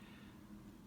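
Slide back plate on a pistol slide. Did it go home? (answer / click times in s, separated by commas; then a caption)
no / none. The slide back plate is slid onto a Brownells long slide for a Gen 3 Glock 19 while the extractor plunger is held down. Only a steady low hum with faint handling noise is heard, with no distinct hits. The back plate has not yet snapped into place; nothing has seated or clicked.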